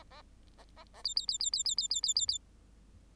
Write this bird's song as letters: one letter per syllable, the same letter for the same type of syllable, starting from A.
A A A B B B B B B B B B B B